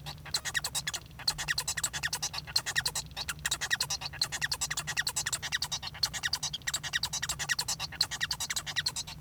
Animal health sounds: song of a male Bengalese finch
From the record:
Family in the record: son of father 1

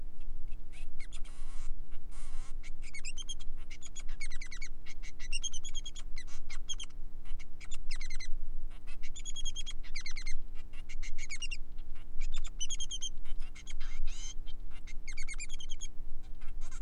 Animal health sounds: song of a male Bengalese finch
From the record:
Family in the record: son of father 3

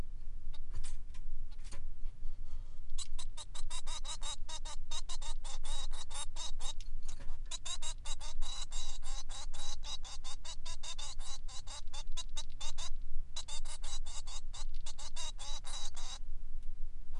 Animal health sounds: song of a male Bengalese finch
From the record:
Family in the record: son of father 3

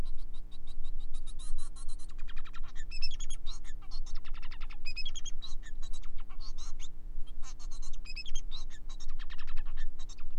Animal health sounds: song of a male Bengalese finch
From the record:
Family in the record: son of father 4

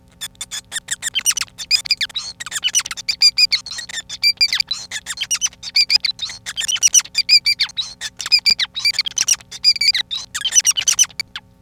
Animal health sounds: song of a male Bengalese finch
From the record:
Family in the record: son of father 5

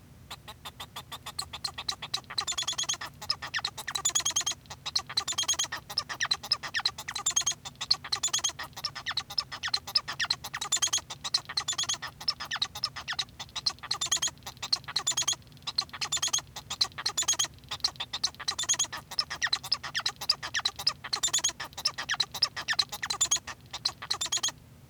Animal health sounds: song of a male Bengalese finch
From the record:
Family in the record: son of father 1

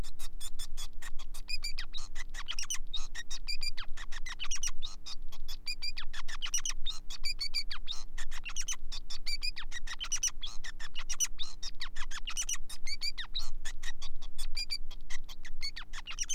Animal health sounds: song of a male Bengalese finch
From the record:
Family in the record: son of father 5

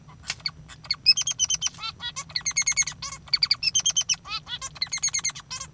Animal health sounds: song of a male Bengalese finch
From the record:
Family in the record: father 3

